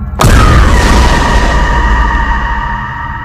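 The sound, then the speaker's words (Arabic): A heavy bathroom door slams shut with a sudden loud bang, followed by a long, booming decay and a faint metallic ring that fades over a few seconds. No one speaks. “باب الحمام اترزع بعد ما خرجت”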